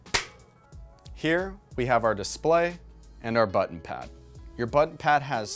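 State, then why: Seated. The folding handlebar stem on a Lectric XP Lite e-bike is folded up and its latch lever is snapped shut, giving a sharp, loud hit at 0.2 s as the stem latch locks closed. After that, someone talks.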